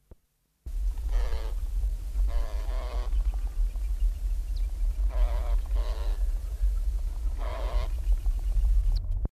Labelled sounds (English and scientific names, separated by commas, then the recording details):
Spot-winged Pigeon (Patagioenas maculosa) call
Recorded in the wild
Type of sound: call
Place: Buenos Aires, AR
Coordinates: -34.56, -58.45
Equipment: Halbspur, 9,5 cm/s
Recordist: Lütgens, Hans
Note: Revierverteidigung, Belgrano (Buenos Aires)